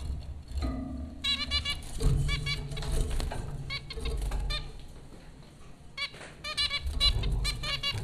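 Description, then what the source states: Zebra finch calls, clusters of nasal beeps repeated in bursts, with a brief low tone early on and a background hum and rumble throughout. Zebra finches recorded by Dan Bodah at Popcorn School, Flatbush, Brooklyn, New York, April 15, 2009.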